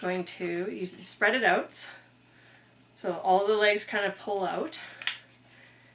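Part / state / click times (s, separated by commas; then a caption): tripod leg into its locked extended position / seated / 5.1 s. Someone talks while spreading and pulling out the legs of a small camera tripod. A sharp click at 5.1 seconds marks a tripod leg snapping into its locked, extended position.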